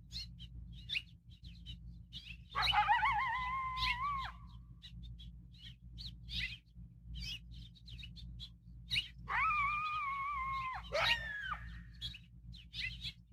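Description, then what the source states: Coyote yipping in short bursts, with two sustained howls that break off abruptly, over a steady low hum. Pair of coyotes; sample edited together from about 20–30 minutes of audio.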